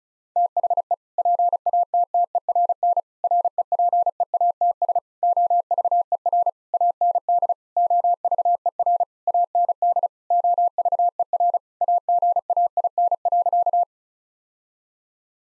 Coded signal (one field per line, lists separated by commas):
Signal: Morse code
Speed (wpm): 36 wpm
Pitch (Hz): 700 Hz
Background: none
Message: THE PATTERN REPEATS OVER AND OVER AND OVER AGAIN.